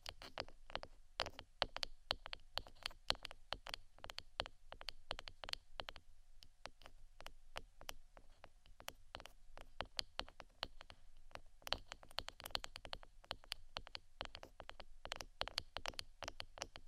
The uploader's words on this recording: ASMR 2 Types Of Tapping（No Talking）.